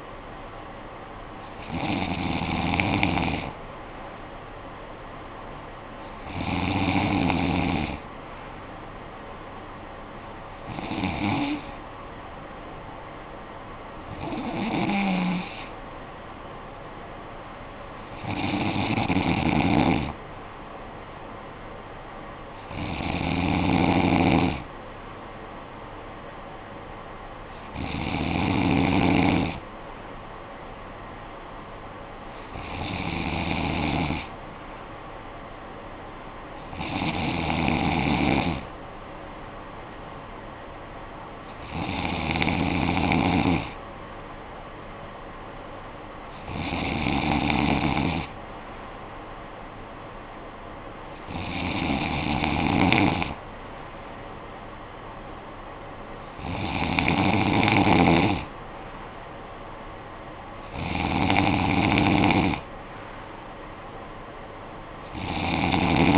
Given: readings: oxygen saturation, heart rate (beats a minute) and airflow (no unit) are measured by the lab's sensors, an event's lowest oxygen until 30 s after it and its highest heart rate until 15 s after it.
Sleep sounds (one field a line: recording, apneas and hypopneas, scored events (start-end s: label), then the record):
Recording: breathing in sleep by a voice recorder at the bedside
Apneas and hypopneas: none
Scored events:
2.00-32.00 s: new sleep stage, N3 (deep sleep)
32.00-66.18 s: new sleep stage, N2 (light sleep)
From the record:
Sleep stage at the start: N2 (light sleep)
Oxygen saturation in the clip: 93 to 94%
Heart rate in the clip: 48 to 58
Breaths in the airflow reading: 14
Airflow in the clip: -9.3 to 5.7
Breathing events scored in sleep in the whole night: 445 in 7.6 hours asleep